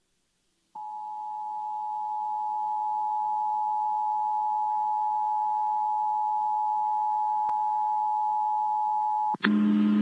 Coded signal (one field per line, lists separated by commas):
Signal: Emergency Alert System (SAME) tones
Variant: 853 and 960 Hz attention tone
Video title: Connecticut Monthly on WTIC 1080 (EAS #29321) 10/8/25